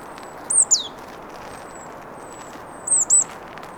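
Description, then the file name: Marsh tit calling: a pair of piercing, high, downward-sliding 'pit-chou' notes, repeated once about two and a half seconds later. "Poecile palustris"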